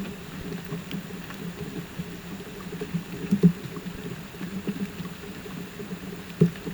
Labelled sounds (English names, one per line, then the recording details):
none
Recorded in pastures near Puerto Asís, Putumayo, Colombia, on 12 March 2025 at 08:00
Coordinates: 0.472, -76.329
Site G074